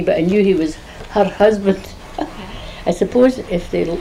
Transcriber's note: laughs